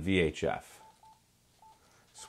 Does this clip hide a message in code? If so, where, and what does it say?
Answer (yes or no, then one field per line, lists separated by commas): no